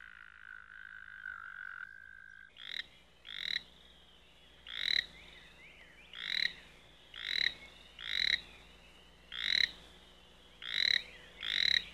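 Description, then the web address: Frog croaking in short, buzzy bursts at short intervals, after a steady tone in the opening seconds. "лягушки"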